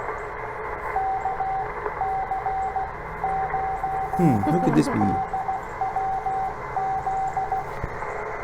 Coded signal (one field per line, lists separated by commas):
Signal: Morse code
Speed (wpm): 16 wpm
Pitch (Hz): 770 Hz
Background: speech, radio noise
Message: KC0DWZ